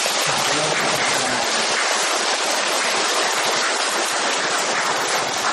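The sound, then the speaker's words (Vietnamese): An audience at a Buddhist Dharma talk applauds steadily to welcome the speaker, a dense, even wash of many hands clapping that stays loud and continuous for several seconds, with no voices heard over it. “Kính mời mọi chúng ta hãy cho một tràng pháo tay.”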